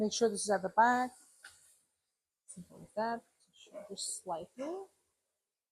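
Someone talks while fitting the upright handle into the base of a BISSELL ProHeat 2X Revolution Pet Pro carpet cleaner, with a faint brief sound at about 1.5 s. The handle is still being positioned; nothing has seated or clicked yet.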